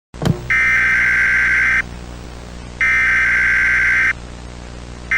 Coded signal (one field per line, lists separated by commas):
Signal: Emergency Alert System (SAME) tones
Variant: header bursts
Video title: EAS Scenario - you are in the backrooms